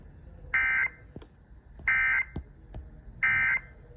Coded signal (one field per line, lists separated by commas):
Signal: Emergency Alert System (SAME) tones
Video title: BEFORE RICHMOND... Alerts from 7/29/23 (EAS #769 - 787)